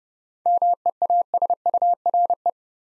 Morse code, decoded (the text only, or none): MEASURE